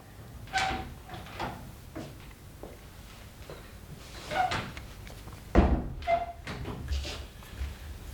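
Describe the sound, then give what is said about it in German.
A few scattered knocks and dull thuds, then a heavier thump and the clatter of a door being opened, with small clicks and rattles between, no voices. “Als er wieder bei der Arbeit sitzt, klopft es. Herein.”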